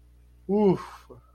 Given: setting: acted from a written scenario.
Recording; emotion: vocal sound without words; realization